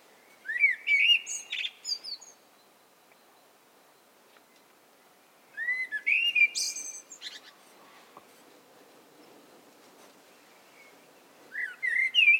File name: Turdus merula